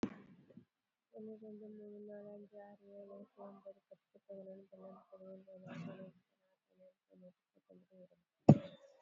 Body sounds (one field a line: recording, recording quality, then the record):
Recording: counting at a fast pace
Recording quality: moderate, slight background noise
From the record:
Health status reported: COVID-19 positive, moderate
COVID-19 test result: positive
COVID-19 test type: RT-PCR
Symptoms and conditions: cough, fever, muscle pain, loss of smell and taste, hypertension, diabetes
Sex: female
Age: 54 years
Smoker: no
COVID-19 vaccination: both doses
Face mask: worn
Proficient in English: yes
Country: India